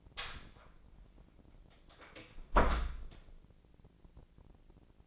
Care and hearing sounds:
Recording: daily activity, microphone in the room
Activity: close door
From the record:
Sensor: 5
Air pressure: 1012.4 hPa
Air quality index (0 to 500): 158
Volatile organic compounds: 2 ppm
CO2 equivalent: 1078 ppm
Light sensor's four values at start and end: 192/465/194/213 and 184/444/186/204

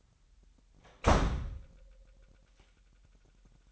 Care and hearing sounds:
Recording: daily activity, microphone in the room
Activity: close door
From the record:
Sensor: 3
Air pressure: 998.4 hPa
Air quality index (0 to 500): 142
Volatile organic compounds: 4 ppm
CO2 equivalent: 1696 ppm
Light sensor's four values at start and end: 16/45/18/17 and 16/45/18/17

